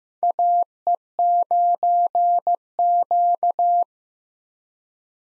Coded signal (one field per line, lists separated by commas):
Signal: Morse code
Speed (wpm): 15 wpm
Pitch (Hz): 700 Hz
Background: none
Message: AE9Q